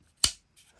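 The restored folding pocketknife's steel blade closes and its backspring snaps it home with a sharp, broadband snap at 0.2 seconds, followed by a brief decaying tail. Faint, softer sounds follow around 0.6 seconds. The blade is seated shut.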